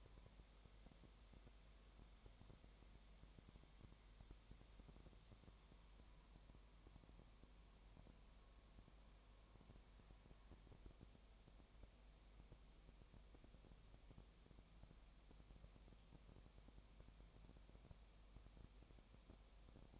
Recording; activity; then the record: daily activity, microphone in the room; no activity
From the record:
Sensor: 1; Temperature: 19.7 degrees Celsius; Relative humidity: 37.1%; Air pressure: 1007.2 hPa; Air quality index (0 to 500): 144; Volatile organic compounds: 5 ppm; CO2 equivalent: 1759 ppm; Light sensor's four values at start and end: 1/2/1/1 and 1/2/1/1